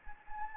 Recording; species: mosquito wingbeat signal from an infrared sensor; Anopheles gambiae